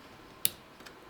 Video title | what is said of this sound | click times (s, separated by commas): 82-92 Camaro New LED Headlights from Starbuck Innovative Designs Super Bright | you can hear it click and kind of lock in | 0.5 s